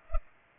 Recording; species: mosquito wingbeat signal from an infrared sensor; Culex pipiens